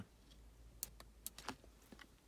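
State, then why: Seated. A key pushes a microSD card all the way into a dash cam card slot until the push-push latch catches. A sharp snap at 0.8 s is followed by several fainter clicks and ticks over a low background hum. The card is seated in the slot.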